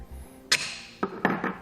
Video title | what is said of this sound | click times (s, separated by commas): etrailer - In-Depth Review of the Thule SnowPack Ski and Snowboard Carrier | this one's just going to click right into that | 0.5 s